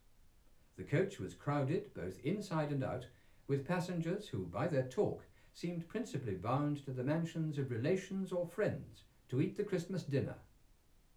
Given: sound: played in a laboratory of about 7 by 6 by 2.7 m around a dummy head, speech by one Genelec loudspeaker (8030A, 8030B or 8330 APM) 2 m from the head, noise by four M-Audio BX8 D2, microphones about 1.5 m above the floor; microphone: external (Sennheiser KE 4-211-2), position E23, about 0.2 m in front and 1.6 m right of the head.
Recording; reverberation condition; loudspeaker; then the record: male speech in English; low; 120 degrees to the left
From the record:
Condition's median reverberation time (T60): about 310 ms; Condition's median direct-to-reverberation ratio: about 3.5 dB